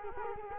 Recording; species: mosquito wingbeat signal from an infrared sensor; Culex quinquefasciatus